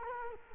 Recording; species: mosquito wingbeat signal from an infrared sensor; Culex quinquefasciatus